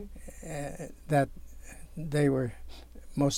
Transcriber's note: none